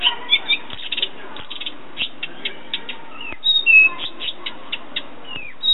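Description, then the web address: Thrush song: varied short whistled notes and sharp clicking chirps in quick, irregular succession, some notes sliding down. "Golosa ptic - Penie drozda. Ptica - Penie ptic - Drozd"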